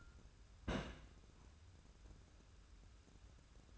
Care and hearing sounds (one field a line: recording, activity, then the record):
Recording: daily activity, microphone in the room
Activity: place on stove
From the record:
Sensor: 2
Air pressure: 994.3 hPa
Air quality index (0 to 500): 215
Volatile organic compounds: 1000 ppm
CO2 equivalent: 7121 ppm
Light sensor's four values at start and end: 136/324/137/142 and 136/324/137/142